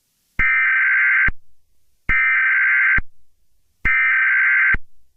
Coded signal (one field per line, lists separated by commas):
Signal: Emergency Alert System (SAME) tones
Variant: header bursts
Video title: Eas Scenario 002 - Nuclear Power Plant Incident